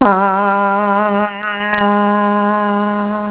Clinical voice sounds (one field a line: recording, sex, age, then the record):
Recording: sustained vowel /a/ by telephone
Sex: female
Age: 40 to 49 years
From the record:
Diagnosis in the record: Parkinson's disease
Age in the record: 49 years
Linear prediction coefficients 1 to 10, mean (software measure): 1.81, -1.66, 0.88, -0.56, 0.58, -0.41, -0.01, 0.24, -0.14, -0.01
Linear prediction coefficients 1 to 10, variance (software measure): 0.076, 0.206, 0.387, 0.438, 0.301, 0.220, 0.151, 0.095, 0.054, 0.010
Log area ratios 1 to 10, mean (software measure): -2.12, 2.00, -0.97, 0.24, -0.11, 0.34, -0.39, 0.08, 0.32, 0.02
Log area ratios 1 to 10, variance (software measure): 0.341, 0.212, 0.134, 0.120, 0.073, 0.105, 0.109, 0.079, 0.069, 0.041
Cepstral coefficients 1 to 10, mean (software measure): 1.81, 0.02, -0.09, -0.27, 0.01, 0.13, -0.08, 0.06, 0.07, -0.02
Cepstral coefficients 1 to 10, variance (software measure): 0.076, 0.135, 0.036, 0.015, 0.011, 0.008, 0.014, 0.010, 0.006, 0.003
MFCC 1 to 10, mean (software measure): -3.44, 1.47, -0.96, 0.08, 0.24, 0.24, 0.12, 0.21, -0.22, 0.05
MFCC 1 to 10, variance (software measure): 0.432, 0.211, 0.132, 0.059, 0.106, 0.057, 0.086, 0.111, 0.066, 0.177